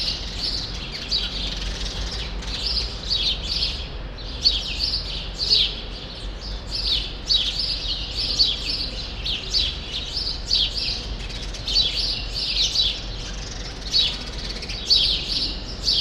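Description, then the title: Chorus of sparrows, lively overlapping chirps and chatter rising and falling in intensity, over a constant low hum. Sparrows still present in the small remaining part of a large grove, Rue Saint-Jean Népomucène, Brussels, Belgium; recorded with Earsight V2 AB microphones into a Zoom F3. "Rue Saint-Jean Népomucène 13, 1000 Bruxelles, Belgique - Sparrows - Moineaux"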